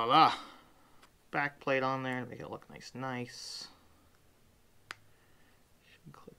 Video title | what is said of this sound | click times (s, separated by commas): God Mod EUC Components Review And How To Make Your Own EUC Capacitor Mod. | Should click right in. Ah, there we go. I got it. | 4.9 s